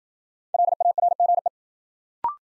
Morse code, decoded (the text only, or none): LARGE